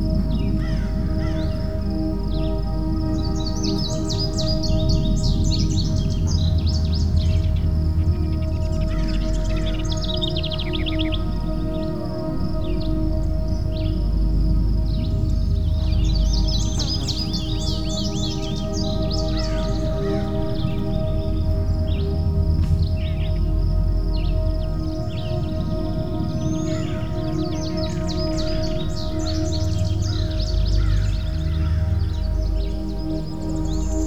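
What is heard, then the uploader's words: Slow, sustained music holds long ringing tones, like a singing bowl or soft drone, with a deep, steady bed underneath. Birds chirp in bright bursts over it every several seconds, while the overall level stays even throughout. Slow Music and Nature.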